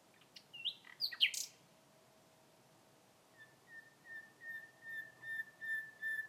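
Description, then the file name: Common nightingale song with a few sharp chirps, a pause, then a series of pure, steady whistled notes at even pitch, repeated several times. "Nachtigall Gesang"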